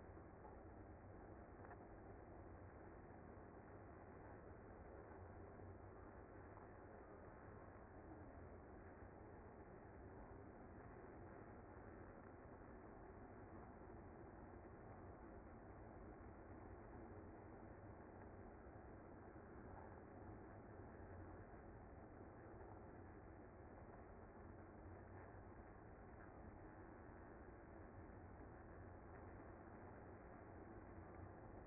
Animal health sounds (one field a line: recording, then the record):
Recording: honeybee colony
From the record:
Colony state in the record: active